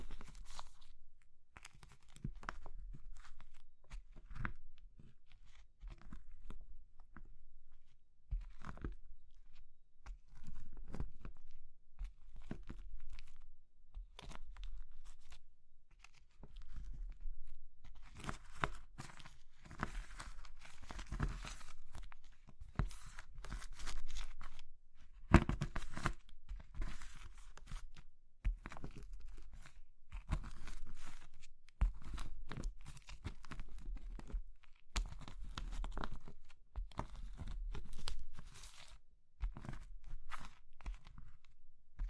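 Brittle soap, chalk and meringue are crushed in a dense run of crunching, crackling bursts that continue for the whole stretch. The snaps come irregularly, clustering into busier flurries around the middle and again near the end, with a low thump beneath some of them.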